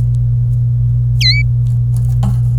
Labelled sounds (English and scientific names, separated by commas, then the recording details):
Domestic Canary (Serinus canaria) song
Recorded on 26 April 2018 at 11:30
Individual llb3